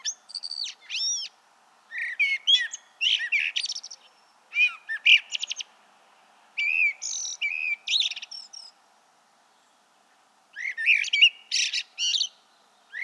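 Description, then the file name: Common blackbird giving bursts of mixed squeaky, scratchy and chirping notes, several clusters with pauses between. "Turdus merula"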